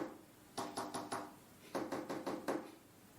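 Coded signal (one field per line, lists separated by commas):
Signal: tap code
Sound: four knocks, a short pause, then five knocks on a hard surface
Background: small room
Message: U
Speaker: I don't know any Morse code or anything like this the tapping okay let's play it again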